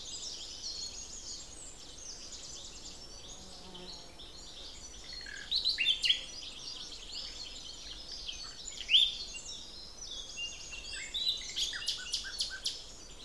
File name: Luscinia megarhynchos